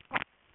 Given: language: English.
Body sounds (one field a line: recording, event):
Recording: throat vibration sensor signal played as sound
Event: swallow